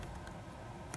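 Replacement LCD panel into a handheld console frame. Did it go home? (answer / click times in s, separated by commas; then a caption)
no / none. A replacement LCD panel for a damaged screen is handled into the frame of a PSP 1000 handheld console, with one corner lined up and the other side about to be pressed in. Faint ticking handling noises run throughout, with a short sharp tick at 0.9 s. Nothing has seated or clicked into place yet.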